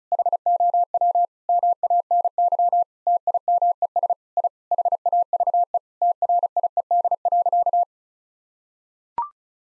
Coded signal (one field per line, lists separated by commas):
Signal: Morse code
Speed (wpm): 36 wpm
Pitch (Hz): 700 Hz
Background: none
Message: HOW MANY TIMES I HAVE TRIED.